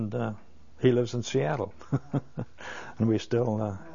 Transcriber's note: he laughs